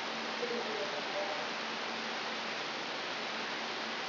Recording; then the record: brain microelectrode recording played as sound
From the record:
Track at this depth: inside the subthalamic nucleus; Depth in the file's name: 7.131 mm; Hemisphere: right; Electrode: 3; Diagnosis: Parkinson's disease